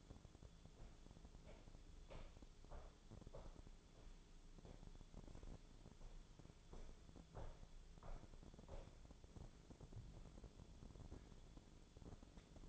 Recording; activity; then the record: daily activity, microphone in the room; walk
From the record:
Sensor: 5